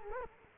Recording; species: mosquito wingbeat signal from an infrared sensor; Culex quinquefasciatus